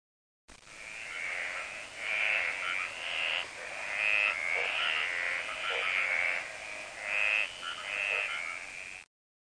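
Frog calling in a dense chorus of trilling, pulsed notes, rising and falling in loudness in repeated bursts for about eight seconds.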